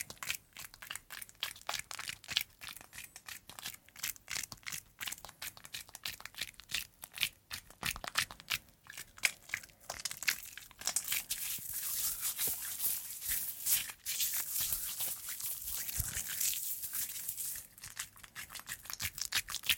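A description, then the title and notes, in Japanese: Hand washing: lathered hands rub together, making dense, rapid crackling and squishing bursts of foam. In the first half the rubbing comes in quick, separate strokes; after about ten seconds it becomes a steadier, brighter fizzing hiss, with a few sharper clicks throughout. 癒される泡の音…手をこするハンドサウンド/手洗い Hand Washing【ASMR】。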